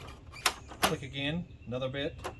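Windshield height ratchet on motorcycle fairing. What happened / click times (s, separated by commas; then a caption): The ratchet clicks into its next notch / 0.5 s. The windshield on a Honda GoldWing GL1800 touring motorcycle, with its two levers up and unlocked, is lifted further and its height ratchet on the fairing clicks into the next notch with a sharp click at 0.5 s. Someone talks, and the windshield is seated one position higher.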